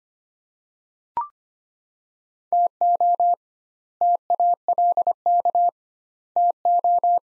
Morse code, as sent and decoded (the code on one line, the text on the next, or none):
- --- / - .- .-.. -.- / - ---
TO TALK TO